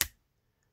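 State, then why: Seated. A ZTE Axon M folding phone is opened and then shut again, one half closing onto the other with a single sharp snap at 0.0 s that quickly fades into quiet. The phone snaps fully shut and seats solidly.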